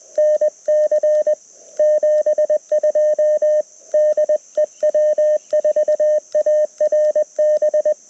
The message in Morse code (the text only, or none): NC 72 DE W4ARB